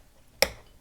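The upper plastic piece of a DeAgostini International Space Station model is dropped into its opening in the module housing and slid back into position. A single sharp snap sounds at 0.4 s against quiet background, then fades quickly. The part is seated in place.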